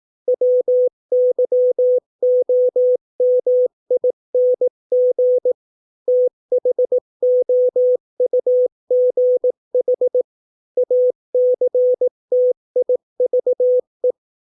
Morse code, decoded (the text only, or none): WYOMING THOUGH ACTIVE